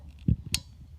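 On a 2003 Toyota Avalon XLS, the plastic retaining tab that holds the wiper blade to the metal wiper arm is pushed in, giving a soft low thump near 0.3 s. It then releases with a sharp, bright click at 0.5 s, freeing the blade so it can be wiggled out.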